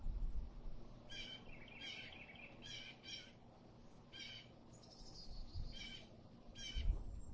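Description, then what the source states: Blue jay harsh squawking calls, often doubled, repeated every second or so, with thin higher chirping and steady low rumble beneath. Blue jay song recorded amid nature.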